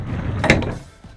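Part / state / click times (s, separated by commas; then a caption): sofa-bed fold mechanism locking into its frame / seated / 0.4 s, 0.5 s. The fold mechanism of a sofa-bed or storage unit is pushed into position, and the automatically rising section locks into its frame with a sharp clack at 0.4 s and 0.5 s, followed by a softer knock at about 0.6 s. The mechanism is now locked and will not come forward again.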